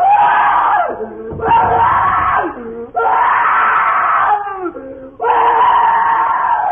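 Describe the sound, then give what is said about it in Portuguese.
At night, a young man sleeping in a house's sitting room screams and wails loudly in four long, strained bursts, his pitch sliding up and down, with brief breathy dips and lower moans between the cries. “A barulheira, a gritaria vinha da sala de visitas, onde na falta de melhor acomodação dormia o Plácido.”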